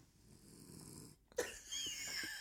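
A single low, rumbling, fluttering snore from a dog lasts about a second, followed by a brief pause and then louder, hissy background noise. It is an ordinary dog snore heard in the background.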